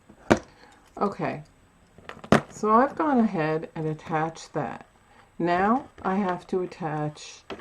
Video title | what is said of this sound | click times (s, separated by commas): VICTORIAN BEADED DRIPPING CHAINS CHOKER TUTORIAL | that your jump ring is closed and secure because you don't want it falling and you should hear a little click | 0.3 s